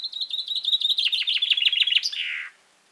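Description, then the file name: Common chaffinch song: a rapid trill of bright notes descending in steps, ending in a quick flourish that slurs downward. "Fringilla coelebs"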